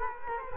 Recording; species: mosquito wingbeat signal from an infrared sensor; Culex quinquefasciatus